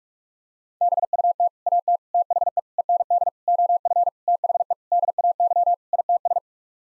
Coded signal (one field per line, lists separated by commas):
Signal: Morse code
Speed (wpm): 41 wpm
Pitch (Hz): 700 Hz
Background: none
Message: BUT AT THE END OF THE DAY ITS